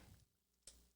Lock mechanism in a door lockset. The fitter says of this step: Okay, I heard it click. So now it's locked,